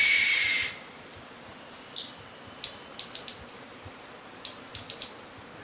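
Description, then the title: Bird song: a brief loud rushing noise opens, then two phrases of crisp, high chirps in quick succession. "LuckyPassaro Completos2Sama"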